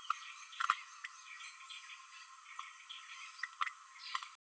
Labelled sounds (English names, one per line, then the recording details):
Green-rumped Parrotlet babbling
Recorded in a nest box in Venezuela
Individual 18B12A2